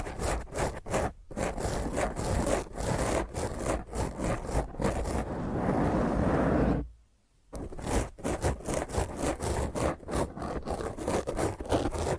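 Rough, intense scratching of fingernails across a microphone, made of quick grating strokes packed densely together. Around the middle the strokes blur into a steady harsh rub, then cut to near silence for half a second before the rapid scratching resumes.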